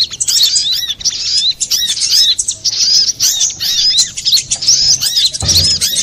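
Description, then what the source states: Little spiderhunter song, steady rapid high chirping and twittering throughout, with a low rumble near the end. Master recording of the Labaik type, made for training cage birds.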